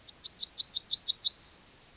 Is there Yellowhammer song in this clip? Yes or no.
yes